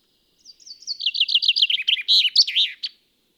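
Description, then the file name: Common chaffinch song: a quick, slightly descending series of bright trilled notes ending in a louder, emphatic flourish. "Fringilla coelebs"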